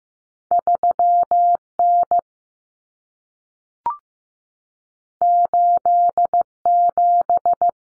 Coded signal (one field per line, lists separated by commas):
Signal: Morse code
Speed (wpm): 15 wpm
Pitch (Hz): 700 Hz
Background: none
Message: 3N 87